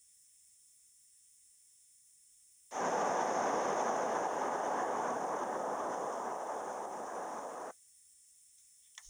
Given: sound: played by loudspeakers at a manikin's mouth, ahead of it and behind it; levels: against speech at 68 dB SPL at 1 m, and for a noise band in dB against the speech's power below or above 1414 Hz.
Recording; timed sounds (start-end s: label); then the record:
test signals for a remote microphone
2.71-7.71 s: speech-spectrum noise from the mouth, turned 45 degrees right
From the record:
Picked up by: remote microphone B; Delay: 24 ms